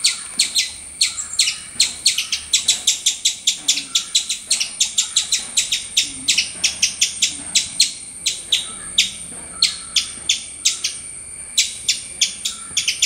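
Squirrel chattering call: rapid runs of sharp, high chirps, several per second, with brief pauses between bursts over a faint steady hiss.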